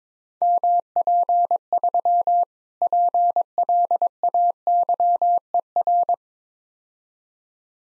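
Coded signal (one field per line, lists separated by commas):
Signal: Morse code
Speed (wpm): 22 wpm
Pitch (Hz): 700 Hz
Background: none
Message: MP3 PLAYER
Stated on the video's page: Morse practice of difficult words at 22 wpm with context hints, speed-racing format.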